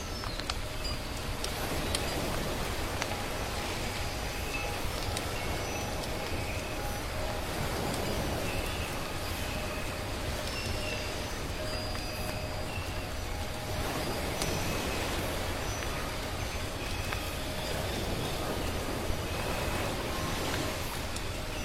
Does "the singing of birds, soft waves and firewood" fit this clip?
yes